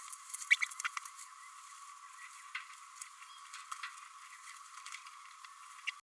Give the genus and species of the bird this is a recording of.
Forpus passerinus